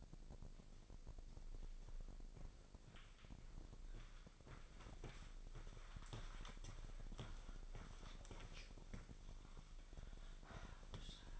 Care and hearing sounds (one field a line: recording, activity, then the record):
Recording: daily activity, microphone in the room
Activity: walk to room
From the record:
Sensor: 5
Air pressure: 999.5 hPa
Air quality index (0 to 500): 216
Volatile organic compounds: 19 ppm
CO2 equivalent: 2641 ppm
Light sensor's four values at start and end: 35/81/32/31 and 31/65/28/29